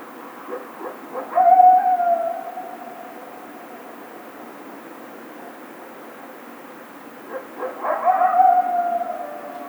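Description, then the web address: Coyote giving two drawn-out howls several seconds apart, each swelling and then fading, over a steady background hiss. Coyote howling, recorded on 28 March 2010. "Coyote 2010 03 28 howl"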